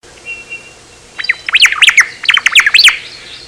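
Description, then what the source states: Omao song: a rapid run of sweet, slurred high notes after a brief soft whistle, rising and falling in quick succession. Recorded in Hawaii.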